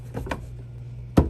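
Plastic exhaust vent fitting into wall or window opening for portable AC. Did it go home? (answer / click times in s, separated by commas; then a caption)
no / none. A plastic exhaust vent fitting for a portable AC is worked into its wall or window opening, with knocks around 0.2, 0.3 and 1.2 seconds over a low steady hum. Nothing has seated or clicked yet; the fitting is still being handled.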